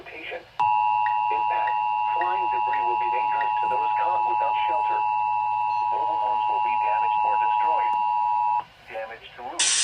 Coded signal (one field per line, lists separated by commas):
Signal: Emergency Alert System (SAME) tones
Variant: 853 and 960 Hz attention tone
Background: speech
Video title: (Xfinity) EAS TORNADO WARNING ON TV!! (7/12/2023) EAS #271